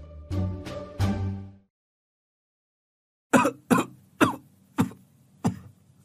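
Heavy, chesty coughing with no talking: a rough, voiced fit of coughs, a short silence, then five loud, harsh coughs in a steady row, each fading quickly.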